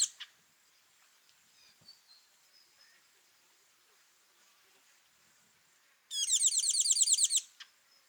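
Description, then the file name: Tinkling cisticola gives one fast burst of metallic, tinkling notes near the end, after several seconds of a steady high insect drone and faint ticks. Call recorded at Kawelwa, Zambia, on 12 December 2021. "Tinkling-Cisticola-call-ZM-Kawelwa-211212"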